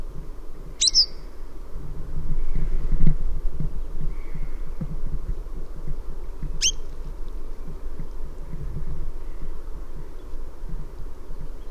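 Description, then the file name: Western yellow wagtail calls: two sharp, high, slurred notes roughly six seconds apart over a steady low rumbling background. "Cutrettola"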